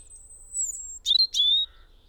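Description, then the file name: European robin's long, very high thin whistle, followed by two sharp notes each trailing into a clear falling whistle. "Erithacus rubecula"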